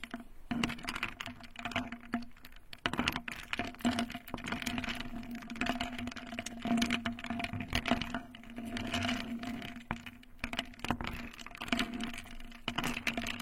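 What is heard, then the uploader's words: Ice cubes and water make a dense, continuous run of small clicks, cracks and taps with no pauses, sharp ticks scattered irregularly throughout. A steady low hum sits underneath the whole time, and the crackling keeps an even loudness across the clip. The soul senses of ice cubes and water, ear picking experience.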